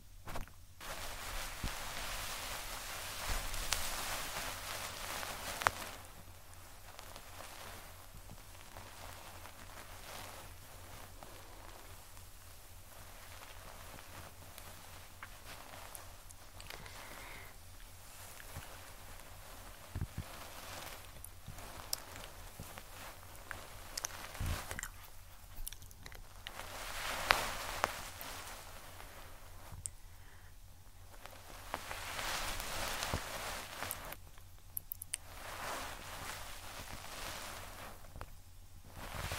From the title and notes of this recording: ASMR Tascam Ear Cleaning (Picking, Brushing, Q-Tip, Tweezers).